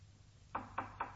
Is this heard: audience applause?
no